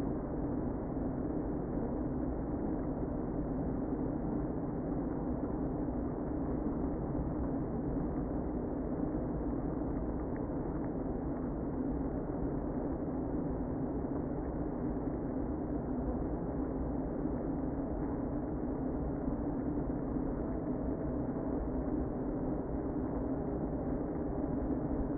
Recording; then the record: honeybee colony, microphone inside the hive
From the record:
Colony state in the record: queen present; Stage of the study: before two queens were removed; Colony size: about 60,000 bees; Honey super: yes